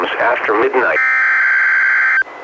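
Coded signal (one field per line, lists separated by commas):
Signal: Emergency Alert System (SAME) tones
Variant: header bursts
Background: speech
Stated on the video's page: NWS Special Marine Warning relayed by a NOAA Weather Radio station, recorded directly from a weather radio receiver into an audio recorder.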